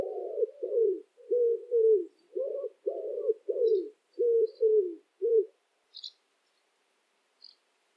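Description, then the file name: Common wood pigeon song: soft, low hoarse coos in rhythmic phrases, then a pause with a few faint high chirps from another bird. "chant pigeon ramier"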